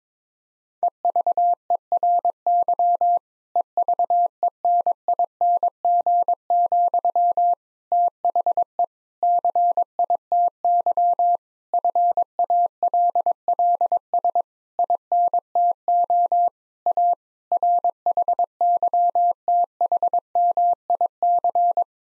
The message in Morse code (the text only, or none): EVERY EVENING, THE CITY FALLS INTO A RHYTHMIC